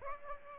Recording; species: mosquito wingbeat signal from an infrared sensor; Aedes aegypti